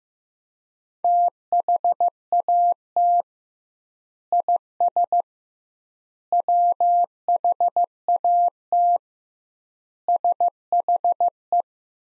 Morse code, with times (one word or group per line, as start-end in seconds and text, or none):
1.0-3.2 THAT
4.3-5.2 IS
6.3-9.0 WHAT
10.1-11.6 SHE